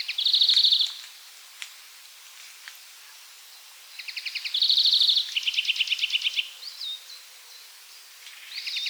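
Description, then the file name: European greenfinch: a brief bright trill, a few quiet seconds, then a longer burst of fast rattling trills followed by a whistled note, and another trill starting at the end. "Chloris chloris"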